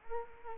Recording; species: mosquito wingbeat signal from an infrared sensor; Culex quinquefasciatus